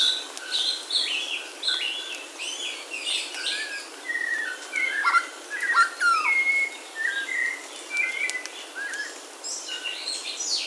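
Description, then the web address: Bird calls, busy chattering chirps and whistled slurs throughout, several notes overlapping, with steady hiss beneath. "BIRD 2015 SABIOD"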